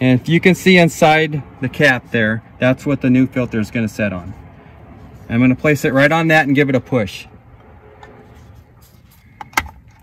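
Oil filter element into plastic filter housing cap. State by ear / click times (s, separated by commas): seated / 9.6 s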